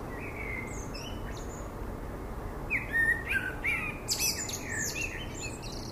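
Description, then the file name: Common blackbird song, soft fluty notes at first, then a clear warbled phrase followed by a jumble of high, squeaky twitters. "Turdus merula"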